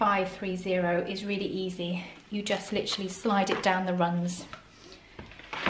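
A plastic water tank for a Vorwerk Kobold SP530 wet floor cleaning attachment is slid down the rails of the mopping unit while someone talks. A few soft scraping sounds follow, and the tank clicks into place at 5.7 s.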